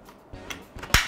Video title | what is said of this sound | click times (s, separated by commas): VACUUM CLEANER BISA NGEPEL BISA NYAPU -- UNBOXING VACUUM CLEANER PHILIPS -- CANDI ELEKTRONIK REVIEW | Sampai bunyi klik disini | 0.9 s